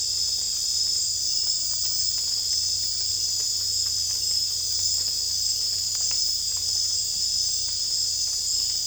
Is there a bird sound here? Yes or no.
no